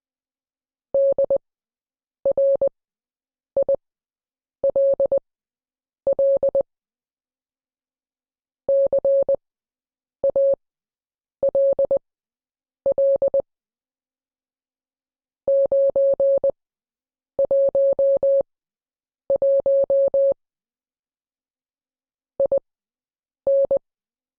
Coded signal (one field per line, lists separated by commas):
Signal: Morse code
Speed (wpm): 20 wpm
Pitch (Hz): 550 Hz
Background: none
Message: DRILL CALL 911 IN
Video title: Morse Code Class 08